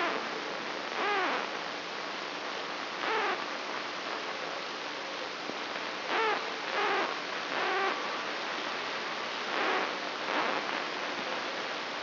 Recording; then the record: brain microelectrode recording played as sound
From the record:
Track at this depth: outside the subthalamic nucleus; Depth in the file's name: 8.104 mm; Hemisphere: left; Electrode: 3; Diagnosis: Parkinson's disease